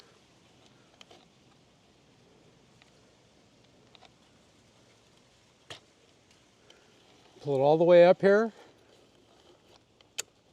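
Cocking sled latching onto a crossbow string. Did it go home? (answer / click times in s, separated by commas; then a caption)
yes / 10.2 s. On a TenPoint Viper 430 crossbow, the cocking sled is pulled up the rail until it latches onto the bowstring. Faint taps and knocks are heard as it slides, and someone talks briefly. A sharp click at 10.2 seconds marks the sled locking onto the string.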